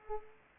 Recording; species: mosquito wingbeat signal from an infrared sensor; Culex pipiens